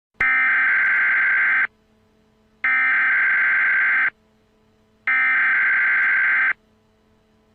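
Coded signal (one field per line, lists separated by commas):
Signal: Emergency Alert System (SAME) tones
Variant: header bursts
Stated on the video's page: Fictional mock EAS scenario with simulated alert tones.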